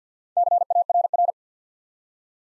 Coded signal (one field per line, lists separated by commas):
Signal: Morse code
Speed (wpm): 50 wpm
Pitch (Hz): 700 Hz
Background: none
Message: CARR